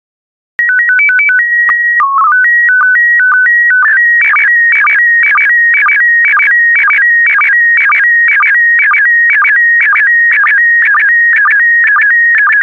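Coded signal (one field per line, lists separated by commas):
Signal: SSTV (slow-scan television)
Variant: PD 120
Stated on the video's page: PD120-mode SSTV practice transmissions made for listeners to decode, sets of four images from a stock photo collection.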